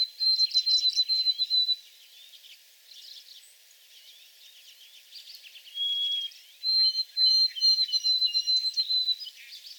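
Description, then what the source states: White-throated Sparrow whistling pure sustained tones, one at the start, then a lower note and a long high held whistle near the end, with twittering birds between phrases. Recorded on 28 April 2022 in back shrubs.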